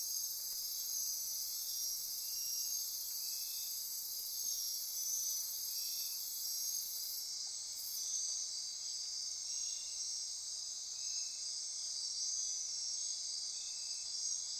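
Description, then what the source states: Insect chorus: constant high, buzzy shimmer from many insects, with short faint lower notes recurring throughout. Insect chorus recorded at midnight near Corcovado.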